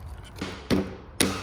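A plastic PTO shaft guard is clipped onto the PTO shaft. A soft thud at 0.4 s and a sharper knock at 0.7 s come first. The loudest, sharpest snap at 1.2 s is the guard clip seating.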